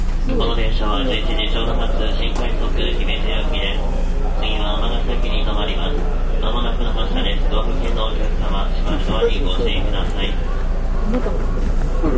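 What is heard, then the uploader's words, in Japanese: Inside a rapid train, voices chatter steadily over a constant low rumble and hum, with bright squeaks and clatter from the running carriage throughout. JR西日本、223系電車の走行音です。神戸線の新快速列車にて収録しました。区間は、新大阪から三宮までです。神戸線新快速 新大阪から三宮まで。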